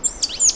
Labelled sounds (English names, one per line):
Stitchbird song